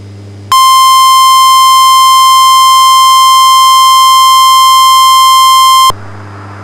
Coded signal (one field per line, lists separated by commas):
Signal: Emergency Alert System (SAME) tones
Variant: 1050 Hz attention tone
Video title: An EAS Weekly Test Played Through A Local 2M HAM Repeater (1-4-17)